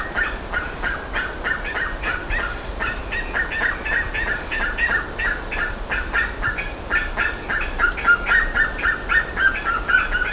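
Bird calling in a fast, steady series of short harsh notes, about three or four each second, continuing throughout with slight variation in pitch.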